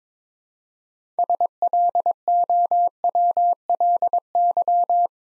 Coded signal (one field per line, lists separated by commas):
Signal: Morse code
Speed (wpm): 22 wpm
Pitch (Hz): 700 Hz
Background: none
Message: SLOWLY